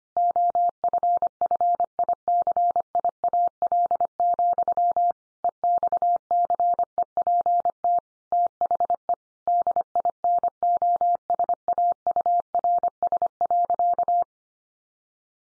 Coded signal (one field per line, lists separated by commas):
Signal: Morse code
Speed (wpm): 25 wpm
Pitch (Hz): 700 Hz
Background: none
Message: OFFICIAL, EXCEPT THE DINOSAURS.